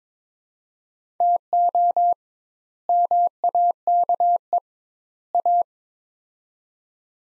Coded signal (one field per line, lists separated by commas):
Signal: Morse code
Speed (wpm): 22 wpm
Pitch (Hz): 700 Hz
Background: none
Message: TO MAKE A